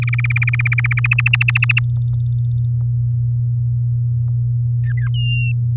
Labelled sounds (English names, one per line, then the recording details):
Domestic Canary song
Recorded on 6 May 2018 at 15:52
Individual llb16